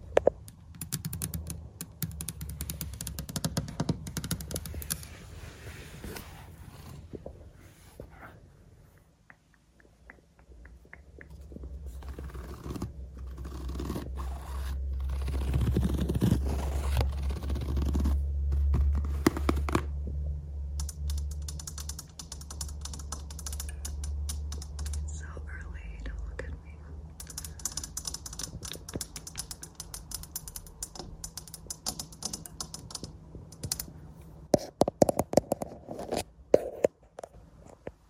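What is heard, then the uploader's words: Quick tapping and scratching on a lens runs through the whole recording in dense, irregular bursts of clicks and scrapes. A low rumble swells in around ten seconds and holds until about twenty-seven seconds, then fades, and sharper taps stand out near thirty-five seconds. ASMR Hotel Room Tour ~ Lens Tapping & Scratching in Berlin.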